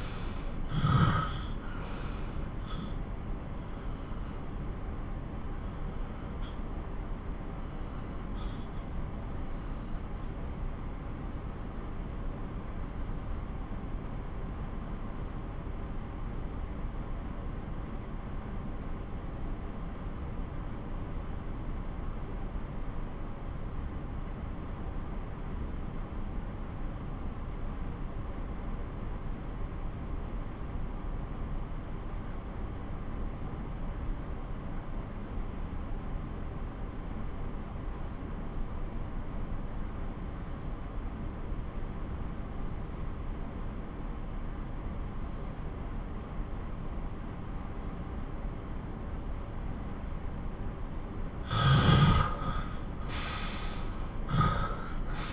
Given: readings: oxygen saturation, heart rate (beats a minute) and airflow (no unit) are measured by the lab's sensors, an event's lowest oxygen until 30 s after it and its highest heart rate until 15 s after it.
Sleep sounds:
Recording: breathing in sleep by a smartphone at the bedside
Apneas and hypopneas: 1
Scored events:
3.00-50.70 s: obstructive apnea (N1, oxygen 95% highest, then 83% lowest)
18.00-48.00 s: new sleep stage, N2 (light sleep)
48.00-55.33 s: new sleep stage, N1 (lightest sleep)
From the record:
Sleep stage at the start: N1 (lightest sleep)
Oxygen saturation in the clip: 84 to 95%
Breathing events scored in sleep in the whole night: 217 in 6.3 hours asleep

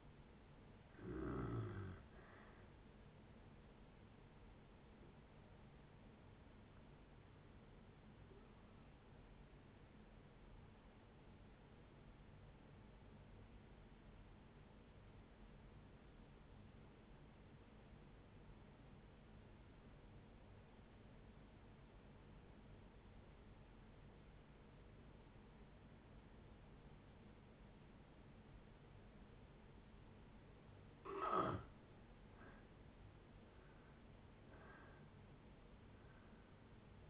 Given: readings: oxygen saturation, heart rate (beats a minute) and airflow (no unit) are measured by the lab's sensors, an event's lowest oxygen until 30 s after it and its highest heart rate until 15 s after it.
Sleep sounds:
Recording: breathing in sleep by a voice recorder at the bedside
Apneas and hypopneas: 1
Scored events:
11.00-32.50 s: obstructive apnea (N1, oxygen 96% highest, then 77% lowest, heart rate 58 at the start, 70 highest)
14.00-37.10 s: new sleep stage, N2 (light sleep)
From the record:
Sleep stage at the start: N1 (lightest sleep)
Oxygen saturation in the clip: 83 to 96%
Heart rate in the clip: 56 to 72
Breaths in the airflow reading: 5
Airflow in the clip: -7.1 to 6.9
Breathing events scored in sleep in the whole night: 496 in 5.4 hours asleep

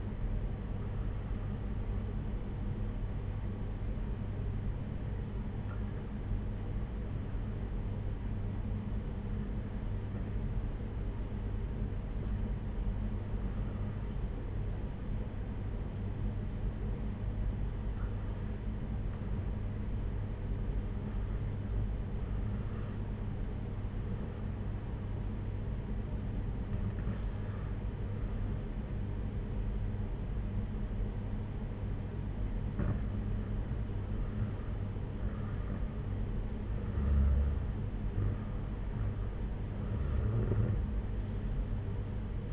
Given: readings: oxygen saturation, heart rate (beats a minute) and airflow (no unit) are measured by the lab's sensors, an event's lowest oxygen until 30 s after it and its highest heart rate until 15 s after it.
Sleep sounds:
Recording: breathing in sleep by a smartphone at the bedside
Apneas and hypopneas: 1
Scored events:
11.00-25.30 s: hypopnea (REM, oxygen 95% highest, then 91% lowest, heart rate 66 at the start, 70 highest)
From the record:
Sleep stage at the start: REM sleep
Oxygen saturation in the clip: 85 to 95%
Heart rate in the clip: 65 to 71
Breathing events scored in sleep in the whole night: 226 in 8.8 hours asleep

